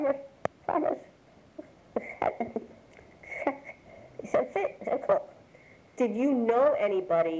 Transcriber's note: chuckles